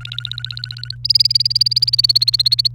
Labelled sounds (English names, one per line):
Domestic Canary song